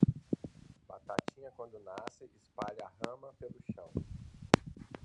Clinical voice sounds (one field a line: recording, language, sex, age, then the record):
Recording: short text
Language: Brazilian Portuguese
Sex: male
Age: 50 to 59 years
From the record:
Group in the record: control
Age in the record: 55 years